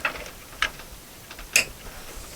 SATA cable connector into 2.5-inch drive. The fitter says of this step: look at that for a lovely click a very inaudible click for that one as well so now we